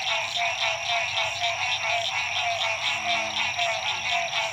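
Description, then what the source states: Frogs calling in a dense chorus, overlapping trilled and pulsed notes in a steady high wall of sound. Frogs at dusk at La Rue PH, Illinois.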